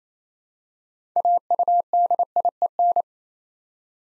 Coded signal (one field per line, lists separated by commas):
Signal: Morse code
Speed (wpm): 29 wpm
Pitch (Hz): 700 Hz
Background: none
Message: AUDIEN